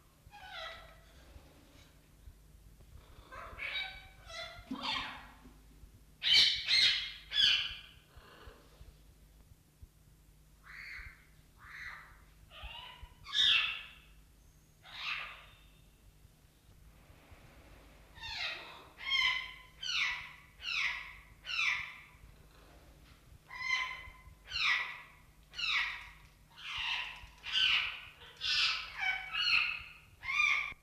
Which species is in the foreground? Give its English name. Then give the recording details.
Rose-ringed Parakeet. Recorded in captivity. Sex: male. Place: Ruhr-Zoo Gelsenkirchen, Nordrhein-Westfalen, DE. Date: 1971-01-30. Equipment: Halbspur, 9,5 cm/s. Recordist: Lütgens, Hans